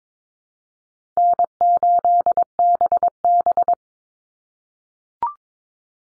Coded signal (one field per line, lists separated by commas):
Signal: Morse code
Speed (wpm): 22 wpm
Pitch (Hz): 700 Hz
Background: none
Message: N8BB